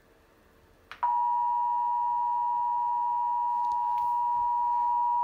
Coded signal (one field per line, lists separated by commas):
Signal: Emergency Alert System (SAME) tones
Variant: 853 and 960 Hz attention tone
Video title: ALERT READY TESTS FROM A MONTH AGO! EAS Alerts from 5/4/2022 (EAS #1051 - 1067)